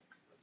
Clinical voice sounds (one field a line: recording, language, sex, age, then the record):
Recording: short text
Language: Brazilian Portuguese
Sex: female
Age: 70 to 79 years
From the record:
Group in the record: control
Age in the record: 70 years